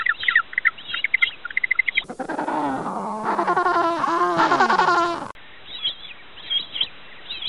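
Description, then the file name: Penguin braying, loud repeated honks with sweeping harmonics for about three seconds, framed by fast high chirping before and after. "tieng chim canh cut keu"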